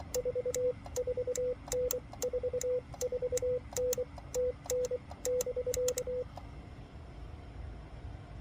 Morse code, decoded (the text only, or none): 44N 44N TN <BK>